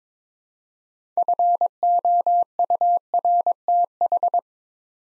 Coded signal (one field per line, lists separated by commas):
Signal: Morse code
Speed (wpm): 22 wpm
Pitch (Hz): 700 Hz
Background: none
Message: FOURTH